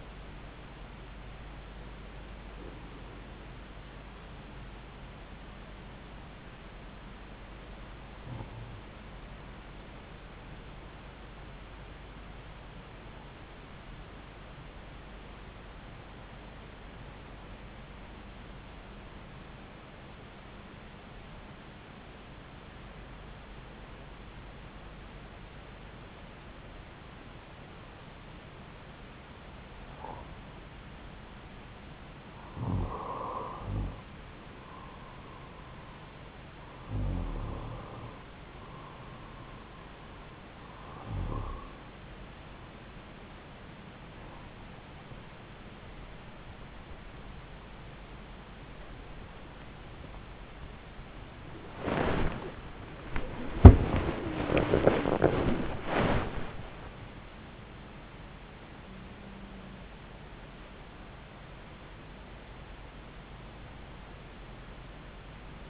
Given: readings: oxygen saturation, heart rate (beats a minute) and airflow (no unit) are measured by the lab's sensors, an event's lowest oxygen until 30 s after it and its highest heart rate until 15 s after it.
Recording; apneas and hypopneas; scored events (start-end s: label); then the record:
breathing in sleep by a voice recorder at the bedside; 1
13.00-35.90 s: hypopnea (N2, oxygen 96% highest, then 92% lowest, heart rate 55 at the start, 65 highest)
47.00-65.70 s: new sleep stage, N1 (lightest sleep)
From the record:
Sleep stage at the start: N2 (light sleep); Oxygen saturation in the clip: 92 to 96%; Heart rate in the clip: 55 to 73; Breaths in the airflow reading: 15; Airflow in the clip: -5.4 to 6.9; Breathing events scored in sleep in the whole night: 270 in 6.1 hours asleep